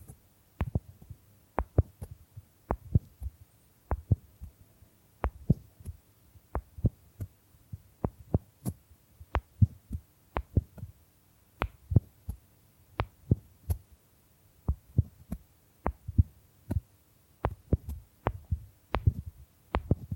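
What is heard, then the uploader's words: Bamboo being tapped in a loose, uneven rhythm, roughly one or two knocks per second for the whole stretch. Each hit is short and sharp, with a hollow, low thump underneath and a brief bright click on top. Quiet gaps separate the taps. Bamboo Tapping, Scratching and Brushing Sounds.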